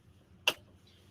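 A wheel-lock lever on a wheelchair wheel is pulled back so its metal bar presses into the tyre, and it clicks into its locked position with a single sharp tick at 0.5 s. A faint, brief sound follows near 0.9 s over a low background hum, and the wheelchair is locked in place.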